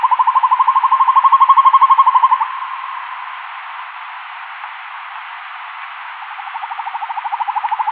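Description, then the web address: Northern hawk-owl display call, a fast rolling trill of hoots for about two and a half seconds, a quiet pause, then another trill starting softly and building. Male northern hawk-owl giving its display call. "Schulze Peter Hawk Owl"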